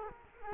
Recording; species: mosquito wingbeat signal from an infrared sensor; Culex quinquefasciatus